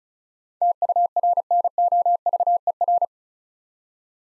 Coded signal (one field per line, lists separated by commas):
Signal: Morse code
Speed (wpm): 34 wpm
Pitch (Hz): 700 Hz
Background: none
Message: TURNOVER